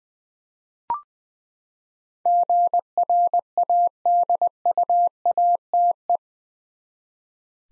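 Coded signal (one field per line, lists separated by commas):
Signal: Morse code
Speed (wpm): 21 wpm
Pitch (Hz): 700 Hz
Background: none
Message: GRADUATE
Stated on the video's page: Morse head-copy drill of eight-letter words at 20 wpm, each word sent twice.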